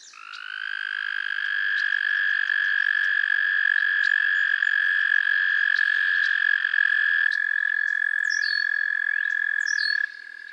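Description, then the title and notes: Frogs trilling in chorus; one sustained buzzy trill swells up and runs on for seconds while a second trill overlaps, and short sweeping chirps sound near the end. A chorus of frogs crooning to one another on a summer evening at Miners Marsh, Annapolis Valley, Nova Scotia. "Theraphonia - Frogsong at Miners Marsh. A chorus of frogs croon to one another on an idyllic summer evening in Miners Marsh, Annapolis Valley, Nova Scotia"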